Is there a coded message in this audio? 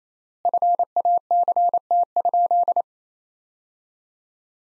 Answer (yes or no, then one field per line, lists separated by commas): yes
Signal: Morse code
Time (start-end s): 0.5-2.8 s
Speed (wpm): 28 wpm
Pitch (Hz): 700 Hz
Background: none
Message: FACT?